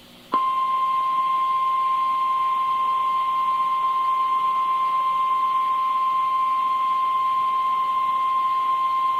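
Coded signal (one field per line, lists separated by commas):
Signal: Emergency Alert System (SAME) tones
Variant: 1050 Hz attention tone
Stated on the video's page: SAME tones of Hurricane Florence alerts caught live on weather radio stations KHB31, KEC84, WXL58, WNG706 and FM station WERO-FM.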